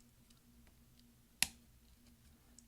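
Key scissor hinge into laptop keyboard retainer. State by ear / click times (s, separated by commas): seated / 1.4 s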